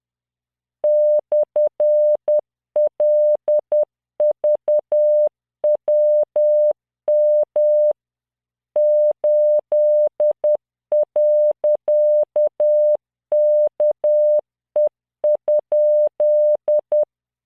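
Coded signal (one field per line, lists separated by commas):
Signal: Morse code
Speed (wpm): 10 wpm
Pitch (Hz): 600 Hz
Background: none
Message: /LVWM 8.KE?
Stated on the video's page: Morse practice drill at 10 WPM, 600 Hz tone, standard 3-dot spacing, random five-character groups generated by CW training software.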